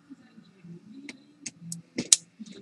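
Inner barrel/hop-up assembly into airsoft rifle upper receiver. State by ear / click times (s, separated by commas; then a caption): seated / 2.1 s. An inner barrel and hop-up assembly, with the hop-up nub checked in place, is popped into the upper receiver of an ECHO1 SOB 2 airsoft rifle during reassembly. Several faint handling ticks and taps come first, then a sharp, loud click at 2.1 s as the assembly seats in the receiver.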